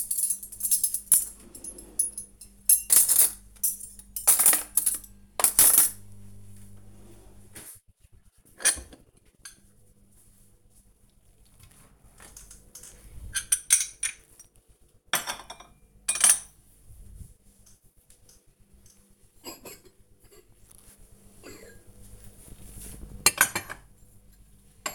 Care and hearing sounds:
household activities, microphone on the right wrist
0.00-24.95 s: putting away the dishes

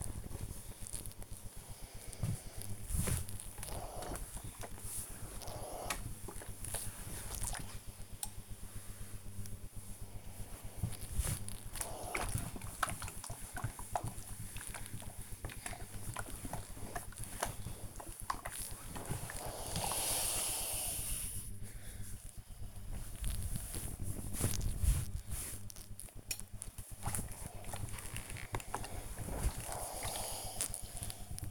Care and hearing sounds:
household activities, microphone on the right wrist
0.00-29.74 s: ironing laundry

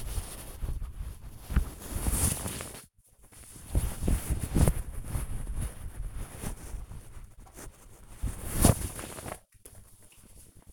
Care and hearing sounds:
household activities, microphone on the right wrist
0.00-10.73 s: folding laundry

